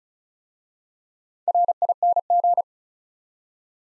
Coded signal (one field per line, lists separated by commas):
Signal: Morse code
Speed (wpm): 36 wpm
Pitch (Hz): 700 Hz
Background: none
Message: RING